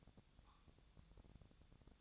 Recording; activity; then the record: daily activity, microphone in the room; take from stove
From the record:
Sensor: 3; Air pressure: 999.2 hPa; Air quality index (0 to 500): 197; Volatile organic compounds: 44 ppm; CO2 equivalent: 3212 ppm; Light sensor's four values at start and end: 7/17/7/7 and 7/17/7/7